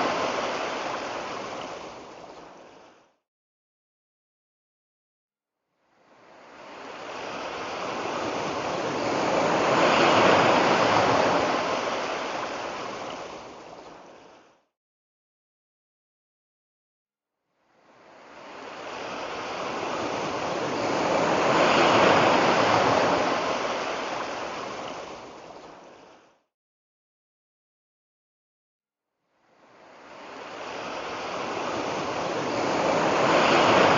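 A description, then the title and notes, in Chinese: Ocean tide sounds come in long swelling surges of rushing water, each rising and fading over about eight seconds, separated by brief silences. 海潮音。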